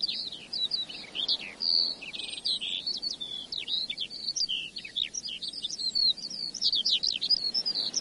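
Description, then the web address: Eurasian skylark delivering a sustained high song of buzzy trills, chirps and quick whistled slurs, flowing nonstop with slight background hiss. "earth naturelibrary assets s sk skylark"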